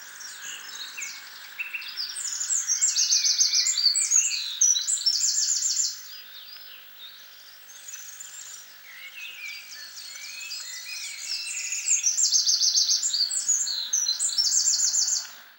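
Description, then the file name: Eurasian wren song: two long, high-pitched bursts of fast trills and rattles, separated by a short quiet gap, with a constant hum behind. "Troglodytes troglodytes"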